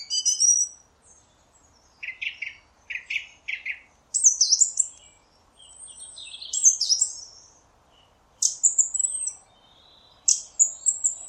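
Song thrush song: short phrases, a lower phrase repeated three times, then high whistled and squeaky phrases, some repeated.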